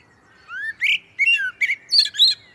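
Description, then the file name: Common blackbird song phrase: mellow whistled notes, then a few squeaky, higher twittering notes, in a quiet background. "Turdus merula"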